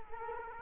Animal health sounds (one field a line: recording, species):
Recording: mosquito wingbeat signal from an infrared sensor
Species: Culex quinquefasciatus